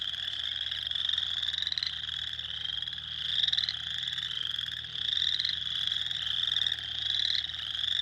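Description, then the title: Spring peeper chorus, shrill upslurred peeps overlapping continuously, the loudness rising and falling in waves. Recorded 6 April 2021. "2021-04-06-Spring-Peepers"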